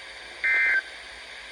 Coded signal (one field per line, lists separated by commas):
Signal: Emergency Alert System (SAME) tones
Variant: end-of-message bursts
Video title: EAS #1157 Tornado Watch